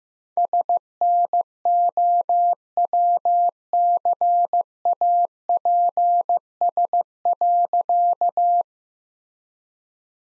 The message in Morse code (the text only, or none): SNOWCAPS.